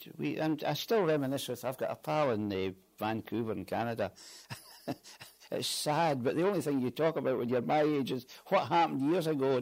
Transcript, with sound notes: I still reminisce with, I've got a pal in Vancouver in Canada. [laughs] It's sad. But the only thing you talk about when you're my age is what happened years ago.